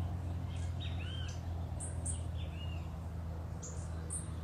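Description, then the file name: Sapphire-spangled emerald calls: high, thin chip notes in pairs and small clusters, alongside curved whistled notes, over a steady low-pitched hum. "BEIJA FLOR DE PEITO AZUL"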